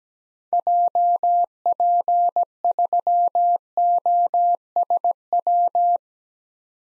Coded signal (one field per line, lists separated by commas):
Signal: Morse code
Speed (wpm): 17 wpm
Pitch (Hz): 700 Hz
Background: none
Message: JP3OSW